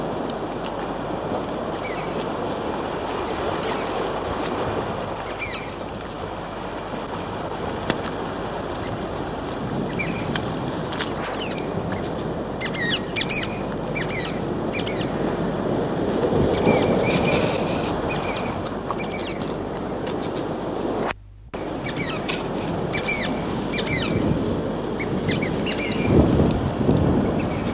Chatham Island oystercatcher/tōrea song.